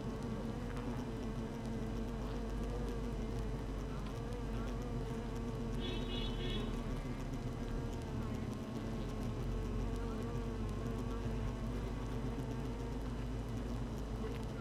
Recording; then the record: honeybee colony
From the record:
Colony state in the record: active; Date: 12 June 2018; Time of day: 7:40